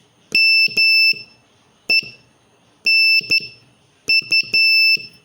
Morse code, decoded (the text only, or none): MENU